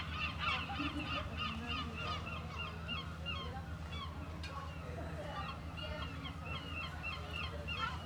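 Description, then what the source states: Gulls giving scattered bursts of sharp, nasal yelping calls, several birds at once, against a constant low roar of breaking waves. Seagulls on the seafront at Mers-les-Bains, France, with waves in the distance; recorded with DPA 4060 microphones in AB position into a Zoom F3.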